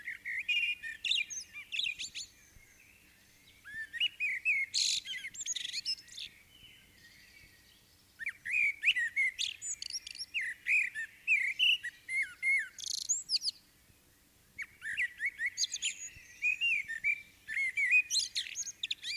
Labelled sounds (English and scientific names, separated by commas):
Common Blackbird (Turdus merula) song